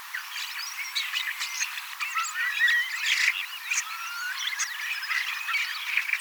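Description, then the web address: Common starling song, a rambling jumble of whistles, slurred notes, clicks and rattles, with several birds chattering together continuously. Young starlings singing and practising song, mimicking several other species a little; 18 October 2024. "paivat 18 10 2024 kasittaakseni kottaraisnuoret laulavat lauluharjoittelevat useita lajeja matkivat hiukan"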